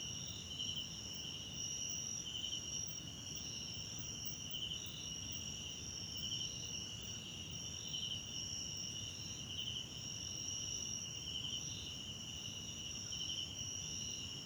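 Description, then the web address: Crickets calling together: a constant shrill trill with a louder pulsed chirp repeating regularly, steady throughout against low ambient noise. South African crickets in the background at night in a wetland park at Kosi Forest Lodge, South Africa. "Tonschliff - SOUTH AFRICAN CRICKETS BG South Africa Wetland Park Kosi Forest Lodge Night"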